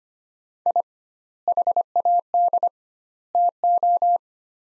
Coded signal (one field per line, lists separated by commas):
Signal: Morse code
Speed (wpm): 25 wpm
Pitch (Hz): 700 Hz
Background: none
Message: I HAD TO